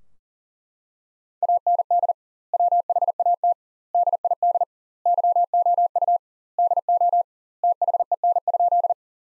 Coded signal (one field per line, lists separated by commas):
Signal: Morse code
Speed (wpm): 40 wpm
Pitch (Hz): 700 Hz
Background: none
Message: AND WHAT DID YOU DO THEN?